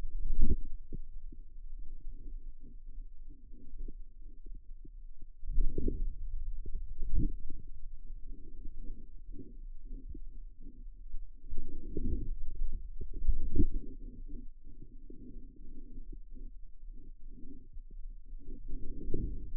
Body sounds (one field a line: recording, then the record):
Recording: forearm muscle sounds (acoustic myography)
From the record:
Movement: outward rotation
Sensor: system 2, bracelet of six BSWA MPA416 microphones around the upper forearm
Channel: 4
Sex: male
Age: 22 years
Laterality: right